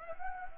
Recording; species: mosquito wingbeat signal from an infrared sensor; Anopheles gambiae